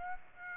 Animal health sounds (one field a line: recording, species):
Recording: mosquito wingbeat signal from an infrared sensor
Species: Aedes aegypti